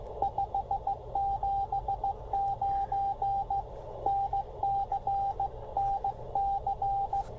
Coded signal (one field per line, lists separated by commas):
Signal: Morse code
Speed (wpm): 16 wpm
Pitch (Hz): 790 Hz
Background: radio noise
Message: 579 NC NC